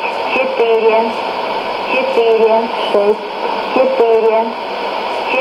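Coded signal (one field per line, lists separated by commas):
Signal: numbers station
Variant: S06s, Russian female voice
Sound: a woman's voice reading short evenly spaced words over steady shortwave hiss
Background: radio static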